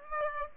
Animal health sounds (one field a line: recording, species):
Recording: mosquito wingbeat signal from an infrared sensor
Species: Aedes aegypti